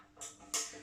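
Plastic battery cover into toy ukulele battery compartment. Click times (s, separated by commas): 0.5 s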